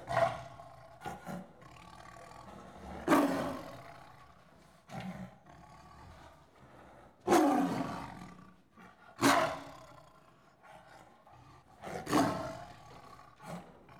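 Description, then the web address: Tiger snarling repeatedly, sudden loud rasping bursts every two to four seconds with softer growling and huffs in between. One tiger snarling and growling, recorded in the countryside of India, Pakistan and Nepal. "BBC Sound Effects Library. India Pakistan Nepal. One Tiger Snarling And Growling"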